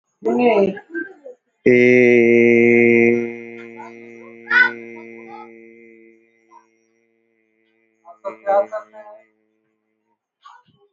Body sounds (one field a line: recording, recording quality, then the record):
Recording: sustained vowel as in made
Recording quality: moderate, slight background noise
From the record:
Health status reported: healthy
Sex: male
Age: 26 years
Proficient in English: yes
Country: India